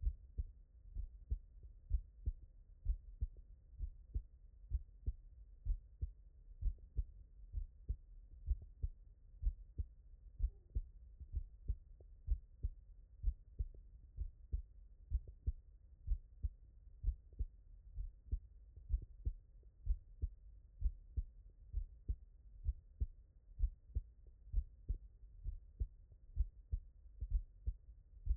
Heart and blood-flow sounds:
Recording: heart sounds by stethoscope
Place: tricuspid valve (TV)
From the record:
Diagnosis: non-HFrEF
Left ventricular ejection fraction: 64%

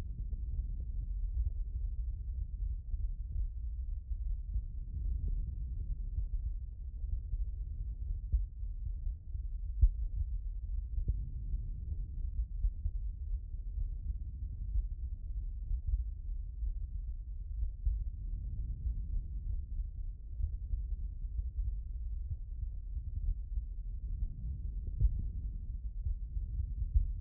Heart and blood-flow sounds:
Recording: heart sounds by stethoscope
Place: pulmonary valve (PV)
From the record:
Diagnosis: non-HFrEF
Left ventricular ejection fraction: 70%

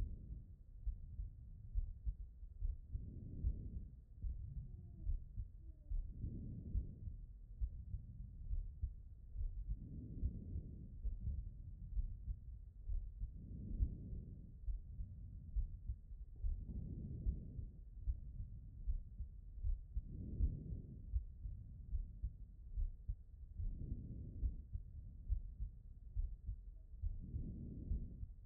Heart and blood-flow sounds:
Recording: heart sounds by stethoscope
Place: pulmonary valve (PV)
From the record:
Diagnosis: non-HFrEF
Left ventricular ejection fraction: 45%

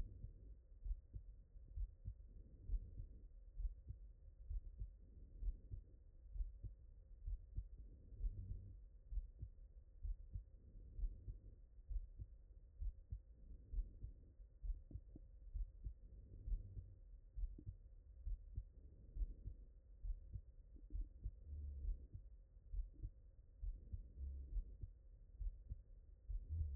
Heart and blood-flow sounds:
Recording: heart sounds by stethoscope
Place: mitral valve (MV)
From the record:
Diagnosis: HFrEF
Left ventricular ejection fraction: 22%

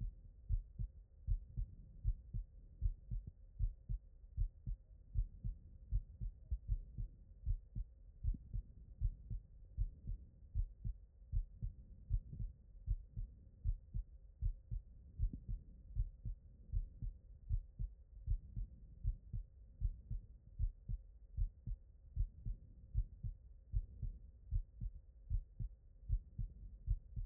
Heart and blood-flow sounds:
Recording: heart sounds by stethoscope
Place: aortic valve (AV)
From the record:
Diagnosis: non-HFrEF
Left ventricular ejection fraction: 66%

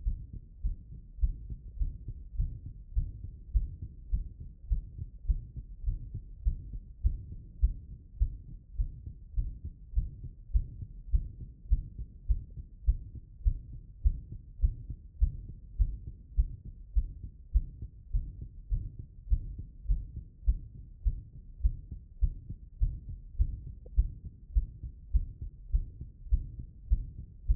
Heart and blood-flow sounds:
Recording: heart sounds by stethoscope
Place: tricuspid valve (TV)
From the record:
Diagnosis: non-HFrEF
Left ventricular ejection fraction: 65%

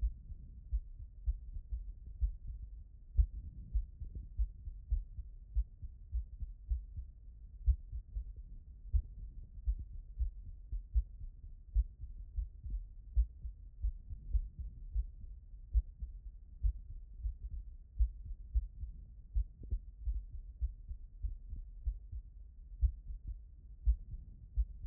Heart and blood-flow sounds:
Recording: heart sounds by stethoscope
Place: pulmonary valve (PV)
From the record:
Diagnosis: non-HFrEF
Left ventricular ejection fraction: 74%

